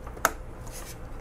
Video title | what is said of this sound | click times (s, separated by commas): Blaze 2 No Video and RGB Troubleshooting | on this part is to press on the bottom part first until you hear it click | 0.2 s